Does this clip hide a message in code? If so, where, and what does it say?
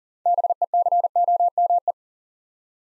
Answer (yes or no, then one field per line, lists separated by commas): yes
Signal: Morse code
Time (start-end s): 0.3-1.9 s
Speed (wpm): 43 wpm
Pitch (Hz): 700 Hz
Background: none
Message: BECOME